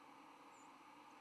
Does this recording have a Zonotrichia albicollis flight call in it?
yes